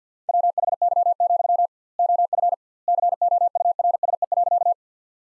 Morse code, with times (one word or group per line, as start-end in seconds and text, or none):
0.3-1.7 WHY,
2.0-2.5 OF
2.9-4.7 COURSE.